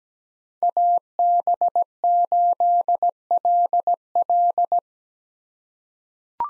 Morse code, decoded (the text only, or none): AB8LL